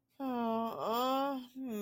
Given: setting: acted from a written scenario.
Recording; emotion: vocal sound without words; shame